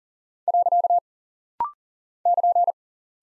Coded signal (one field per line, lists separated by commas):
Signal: Morse code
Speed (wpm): 40 wpm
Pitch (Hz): 700 Hz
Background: none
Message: . <KN>